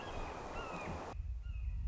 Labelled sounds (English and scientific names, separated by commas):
Red-shouldered Hawk (Buteo lineatus)